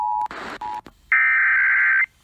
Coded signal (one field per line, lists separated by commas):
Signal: Emergency Alert System (SAME) tones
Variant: header bursts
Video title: Shasta Tested Early... (EAS #2201-2203)